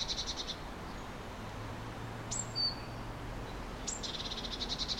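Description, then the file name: Eurasian blue tit giving short high thin notes and the edges of buzzy pulsed churrs, with a faint low hum in the background. "Cyanistes caeruleus"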